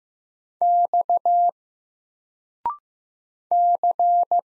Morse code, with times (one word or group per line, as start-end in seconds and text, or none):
0.6-1.5 X
3.5-4.4 C